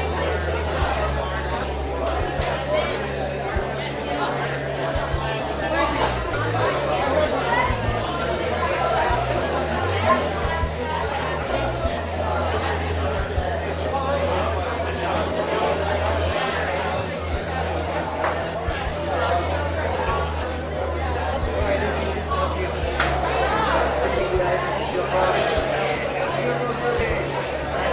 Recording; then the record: background sound without coughing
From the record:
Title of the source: CITY SOUNDS Busy Bar in the Evening Night - 2 HOURS of Ambiance for Relaxation